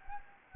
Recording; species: mosquito wingbeat signal from an infrared sensor; Anopheles gambiae